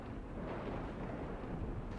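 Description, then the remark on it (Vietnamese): A thunderclap in the rain rolls out as a dense, steady rumbling roar with no sharp crack, holding at an even loudness for about two seconds with no voices. “Cùng lúc ấy, trên thinh không vang lên tiếng sét, cùng với tiếng hét thất thanh của cả con sen lẫn bà bá.”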